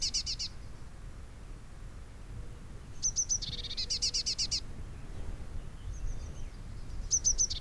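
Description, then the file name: Eurasian blue tit calls: high thin notes and rapid buzzy churring bursts, with quieter high notes and a low rumble in the background. "Cyanistes caeruleus"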